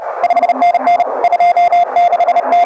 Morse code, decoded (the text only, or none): 5NN 26T